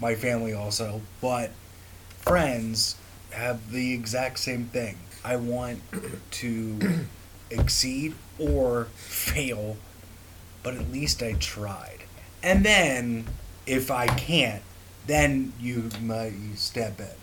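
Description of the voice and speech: Adult male stroke or traumatic brain injury survivor with aphasia speaking, with frequent pauses and drawn-out hesitation sounds between phrases.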